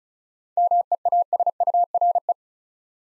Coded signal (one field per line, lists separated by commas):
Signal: Morse code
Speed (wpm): 36 wpm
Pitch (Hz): 700 Hz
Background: none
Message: MEASURE